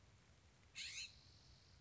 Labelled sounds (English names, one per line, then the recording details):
California Scrub-Jay
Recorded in Sonoma County, California